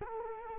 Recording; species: mosquito wingbeat signal from an infrared sensor; Culex quinquefasciatus